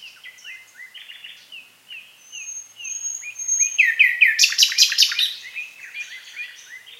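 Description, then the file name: Common nightingale song: soft repeated notes, a thin drawn-out whistle, then a loud rapid rattling run of notes. "Luscinia megarhynchos"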